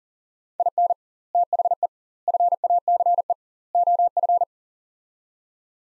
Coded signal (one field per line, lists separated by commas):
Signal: Morse code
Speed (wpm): 40 wpm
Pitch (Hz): 700 Hz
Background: none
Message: IN THE FACE OF